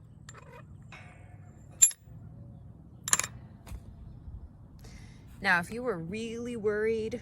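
A gate latch on a metal farm panel gate is re-secured and snaps closed with a sharp metallic clack at about 3.1 s, followed by a few quick rattling taps, and the latch is seated. Another brief bright click is heard near 1.8 s, and someone talks toward the end.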